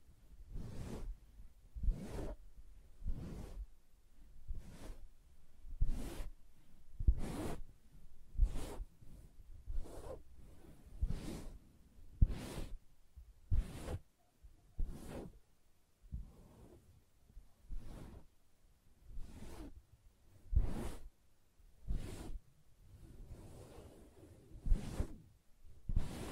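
Soft fabric being tapped and scratched in a steady, regular rhythm, roughly one sharp stroke every second for the whole stretch. Each stroke is a quick, bright brushing swish over a low, dull thump. Between strokes a faint rustle and a low rumble continue.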